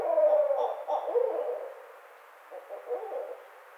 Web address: sounds birds Barred Owl 2009 05 29 Barred Owl